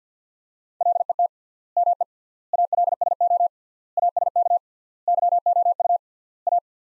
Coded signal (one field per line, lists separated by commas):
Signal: Morse code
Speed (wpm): 50 wpm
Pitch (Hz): 700 Hz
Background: none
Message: LET ME ALSO ASK YOU A